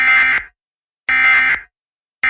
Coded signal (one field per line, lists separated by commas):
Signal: Emergency Alert System (SAME) tones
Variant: end-of-message bursts